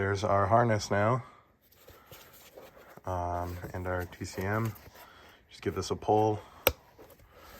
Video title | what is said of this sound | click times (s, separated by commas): Converting the Tiguan 09G to dq250 dsg!! Part 1 | through the first snap so | 6.7 s